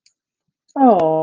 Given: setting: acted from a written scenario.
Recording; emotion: vocal sound without words; adoration